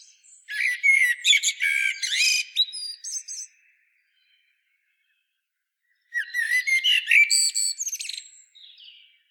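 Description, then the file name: Common blackbird singing two dense phrases of varied whistles and high scratchy twitters, with a silent pause between them. "Turdus merula"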